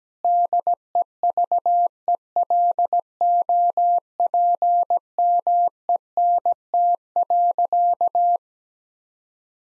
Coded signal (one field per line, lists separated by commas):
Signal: Morse code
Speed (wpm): 17 wpm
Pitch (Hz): 700 Hz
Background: none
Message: DEVELOPMENT.